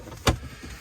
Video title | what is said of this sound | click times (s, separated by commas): WINNEBAGO EKKO - NON-INSULATED COMPARTMENT - BROKEN WATER LINE FITTING - HOW TO CORRECT - 4 Season? | I'm going to go ahead and press that all the way on just like that you see it's locked into place | 0.3 s